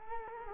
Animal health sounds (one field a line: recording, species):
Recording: mosquito wingbeat signal from an infrared sensor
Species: Culex quinquefasciatus